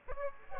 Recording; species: mosquito wingbeat signal from an infrared sensor; Aedes aegypti